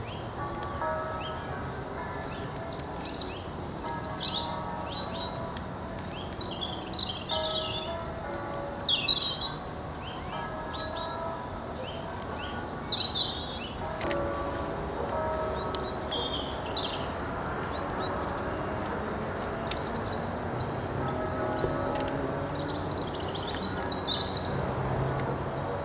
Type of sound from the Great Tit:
song